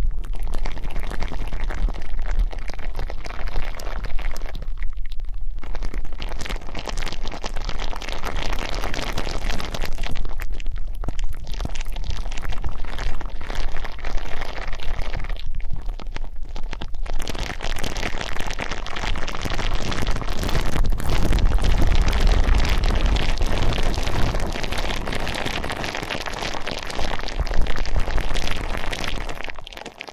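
Deep ear canal and eardrum cleaning sounds fill the clip with dense, scratchy rustling and muffled rumbling that stays loud almost throughout. Brief thinner gaps break it near 5, 11 and 16 seconds, and a heavy low thump-like rumble swells around 21 seconds.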